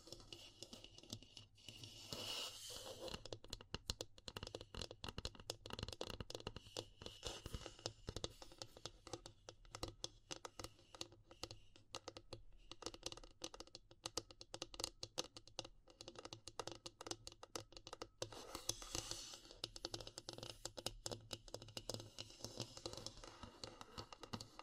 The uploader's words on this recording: ASMR Relaxing Natural Triggers Wood, Bamboo and Straw (No Talking).